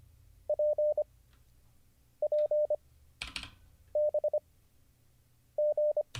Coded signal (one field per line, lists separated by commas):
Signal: Morse code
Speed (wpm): 24 wpm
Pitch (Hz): 600 Hz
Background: none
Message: P P B G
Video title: How to Learn Morse Code (Day 39) [Livestream]